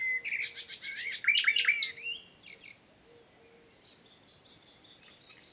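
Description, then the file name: Common nightingale song, a dense rush of rich, varied notes for about two seconds, then quieter, with faint high notes. "Luscinia megarhynchos"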